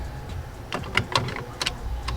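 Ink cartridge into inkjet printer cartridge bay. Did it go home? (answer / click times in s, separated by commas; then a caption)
yes / 1.0 s. A refillable plastic sublimation ink cartridge is pushed into the cartridge bay of an Epson WorkForce 7710 or 7720 inkjet printer. Sharp plastic clicks and taps are heard at about 0.7, 1.2, 1.6, 1.7 and 2.1 seconds. The cartridge snaps home and latches, seated, with its click at 1.0 seconds.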